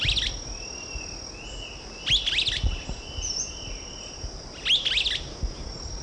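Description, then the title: Streaked flycatcher calls: sharp, squeaky high notes given in short bursts about every two and a half seconds, over a steady high insect whine and faint lower buzzing. Subspecies assumed from location as Myiodynastes maculatus solitarius. "LuckyPassaro Completos2Sama. Streaked Flycatcher (Myiodynastes maculatus solitarius (ssp assumed from location))"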